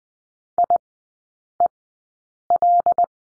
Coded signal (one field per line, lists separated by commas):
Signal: Morse code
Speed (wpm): 20 wpm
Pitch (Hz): 700 Hz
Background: none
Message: IEL